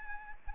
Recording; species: mosquito wingbeat signal from an infrared sensor; Anopheles arabiensis